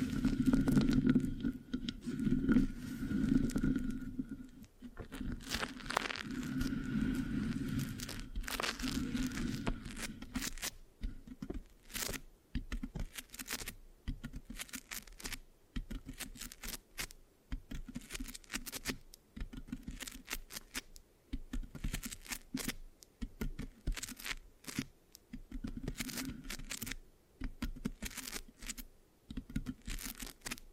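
Mic scratching and sticky tapping fill the recording, with no talking. The first ten seconds hold a denser, rougher rubbing with a low rumble, then it breaks into quick, irregular sticky taps and peels, sharp bursts separated by brief silences.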